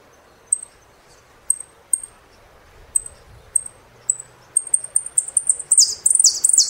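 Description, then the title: Saffron finch song: sparse thin high chips at first, then speeding into a rapid run of sharp notes and ending in loud buzzy, looping phrases. "Jilguero Argentino"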